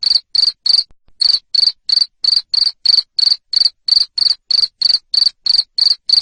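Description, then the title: Cricket chirping with harsh high pulses in a quick regular rhythm, a brief pause early on, then steady repetition. Loud cricket chirping played to make lovebirds sing continuously. "Suara JANGKRIK NGERIK Keras Bikin LOVEBIRD Jadi NGEKEK Terus Vubey"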